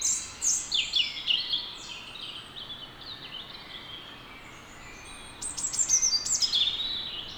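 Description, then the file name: European robin song: a run of quick, high, descending warbled notes, a quieter pause, then a sparkling burst of high trills. "Erithacus rubecula"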